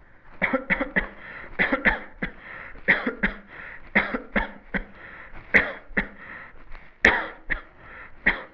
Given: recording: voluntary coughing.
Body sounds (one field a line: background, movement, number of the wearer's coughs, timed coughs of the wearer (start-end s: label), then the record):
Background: quiet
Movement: sitting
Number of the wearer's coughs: 16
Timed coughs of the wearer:
0.39-0.67 s: cough
0.67-0.93 s: cough
0.93-1.12 s: cough
1.57-1.82 s: cough
1.82-2.05 s: cough
2.20-2.42 s: cough
2.86-3.21 s: cough
3.20-3.42 s: cough
3.93-4.21 s: cough
4.33-4.57 s: cough
4.71-4.93 s: cough
5.51-5.82 s: cough
5.94-6.13 s: cough
7.02-7.37 s: cough
7.49-7.70 s: cough
8.24-8.49 s: cough
From the record:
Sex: male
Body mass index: 22.0 kg/m2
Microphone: on the chest, facing the body